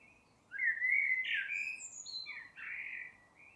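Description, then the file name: Eurasian blackbird song: a low, mellow warbled phrase sliding upward, then thin high squeaky notes, followed by a second shorter fluty phrase. "Turdus merula"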